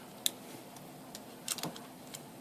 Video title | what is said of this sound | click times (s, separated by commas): How to change screen on iphone 6. Iphone screen replacement. | now snap into place | 0.3 s